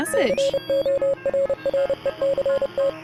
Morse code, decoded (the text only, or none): CORRECT